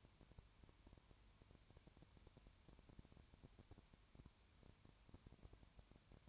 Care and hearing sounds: daily activity, microphone in the room; no activity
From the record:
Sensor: 2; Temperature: 20.3 degrees Celsius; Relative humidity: 33.8%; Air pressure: 1003.2 hPa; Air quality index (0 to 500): 82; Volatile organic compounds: 1 ppm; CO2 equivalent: 781 ppm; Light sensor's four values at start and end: 2/3/2/2 and 2/3/2/2

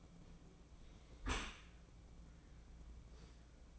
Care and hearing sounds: daily activity, microphone in the room; close dishwasher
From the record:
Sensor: 1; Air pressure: 1012.4 hPa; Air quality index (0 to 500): 171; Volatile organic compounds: 3 ppm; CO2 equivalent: 1397 ppm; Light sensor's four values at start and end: 346/780/349/382 and 346/780/349/382

